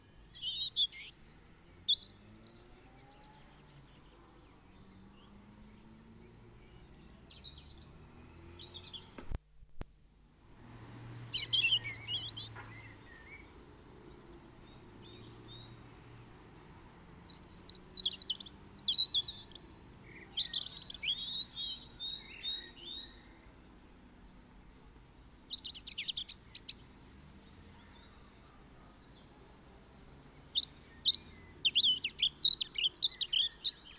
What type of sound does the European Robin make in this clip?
song